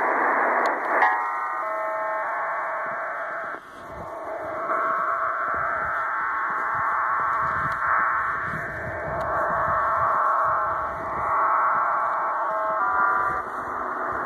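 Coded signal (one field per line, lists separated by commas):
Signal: numbers station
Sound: dense warbling multi-tone data hiss with steady parallel tones and fading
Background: radio static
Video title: Cuban Spy numbers 9240 kHz USB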